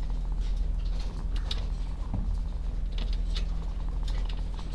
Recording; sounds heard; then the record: poultry house recording; sick chickens (respiratory disease)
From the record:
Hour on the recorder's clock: 16